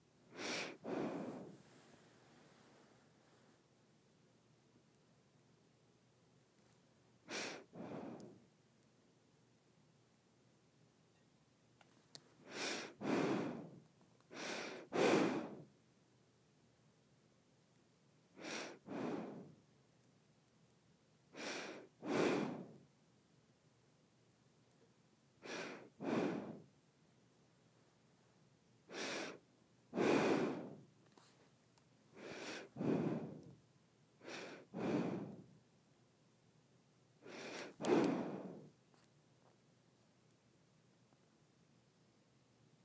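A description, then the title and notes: Close breaths drawn and pushed through the nose in soft airy pulses, roughly every two to four seconds, with quiet pauses in a small room. ASMR Nose Breathing.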